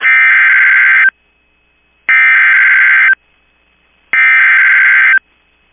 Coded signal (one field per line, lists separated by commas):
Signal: Emergency Alert System (SAME) tones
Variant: header bursts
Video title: SEVERE T-STORM WARNING (EAS ALERT 199)